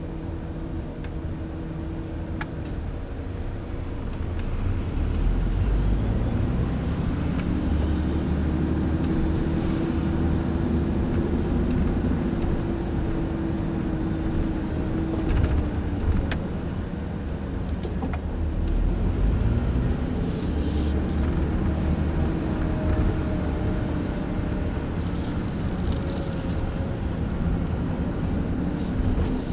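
A car drives along in Phoenix, its engine and road noise forming a steady low rumble throughout. The engine tone rises and falls in slow sweeps as the car speeds up and slows, with scattered clicks and a brief hiss near twenty seconds.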